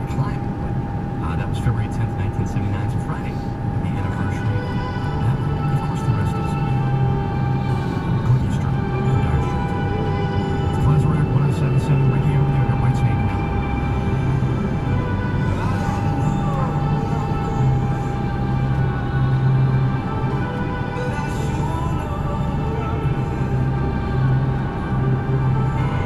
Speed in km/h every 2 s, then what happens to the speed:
95, 95, 95, 97, 98, 98, 100, 101, 101, 103, 103, 105, 106.
0-26 speeds up to 106.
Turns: none.